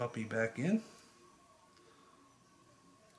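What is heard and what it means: After its silicone O-ring is replaced, a plastic vacuum solenoid is slid back toward its seat in a Ford Lincoln Mercury EATC climate control unit. Someone talks for the first 0.8 seconds, followed by faint, quiet handling noise over a low background hum. Nothing has seated or clicked yet.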